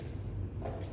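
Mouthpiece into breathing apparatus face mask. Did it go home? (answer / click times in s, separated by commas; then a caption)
no / none. A mouthpiece is handled against the face mask of a self-contained breathing apparatus set, being twisted slightly before it is pressed straight in. A steady low rumble runs throughout, with a brief louder scrape around 0.7 s. Nothing has seated or clicked yet.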